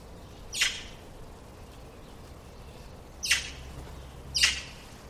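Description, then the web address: Bird giving three brief, sharp calls, one early and two near the end, with faint hiss underneath. "cianscape birddata Deverinetal"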